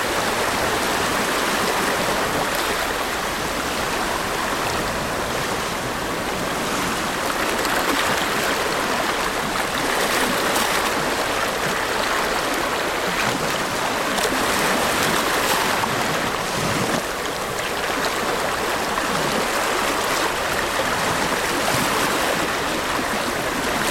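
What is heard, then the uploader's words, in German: Gentle sea waves wash over sand in a steady, dense hiss that barely rises or falls across the whole stretch. The sound is bright, full of fine fizzing and trickling detail, with very little low rumble underneath. Sanfte Meereswellen am Sand | Pazifischer Ozean. Willkommen am abgeschiedenen Strand, wo die Sonne langsam einem dämmernden Abend weicht. Aufgenommen am friedlichen Muir Beach in Marin County, mit Blick auf die weiten Flächen des Ostens. Wo jede Welle sanft den Sand streichelt.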